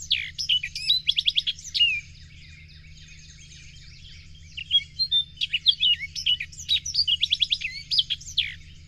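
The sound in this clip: Bird song starting with rapidly repeated high notes, a pause, then a long varied phrase of chirps, trills and whistles, a low hum running throughout.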